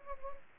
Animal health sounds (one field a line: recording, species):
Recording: mosquito wingbeat signal from an infrared sensor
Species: Anopheles gambiae